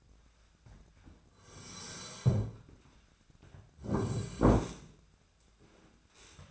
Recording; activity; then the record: daily activity, microphone in the room; sit down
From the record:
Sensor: 2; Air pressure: 1007.8 hPa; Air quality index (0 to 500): 180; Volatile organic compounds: 10 ppm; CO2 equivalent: 2210 ppm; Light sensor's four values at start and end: 10/24/10/10 and 10/24/10/10